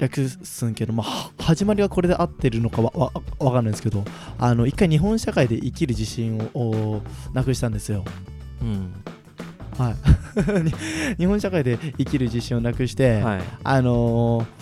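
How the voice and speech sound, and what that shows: An adult man speaks Japanese in a steady, mid-pitched voice, with a quick part-word repetition on one word and a held nasal sound before another, set between short pauses. These are mild stuttering disfluencies: repetitions and a brief block.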